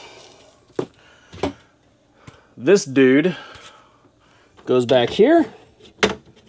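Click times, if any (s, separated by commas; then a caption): 6.0 s. Someone talks while fitting a plastic vent hose coupling into the back port of an EcoFlow Wave 3 portable air conditioner, part of a window vent setup in a Heritage Glen 310BHI. Two softer knocks sound at about 0.8 s and 1.4 s. A sharp, loud hit at 6.0 s marks the coupling locking in place.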